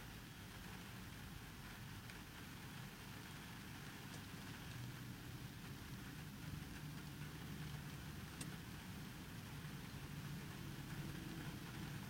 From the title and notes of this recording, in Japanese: とある日の雨の日の車内。無人の車内で録った音です。大雨の日に人のいない車内ではどんな音がしてるのかなと思って録ってみました。